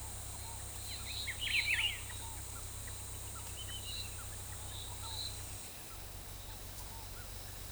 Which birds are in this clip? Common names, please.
Scaled Dove, Rufous-browed Peppershrike, Rufous-tailed Jacamar